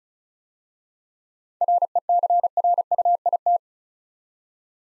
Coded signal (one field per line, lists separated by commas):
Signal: Morse code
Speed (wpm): 36 wpm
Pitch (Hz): 700 Hz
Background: none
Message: RECRUIT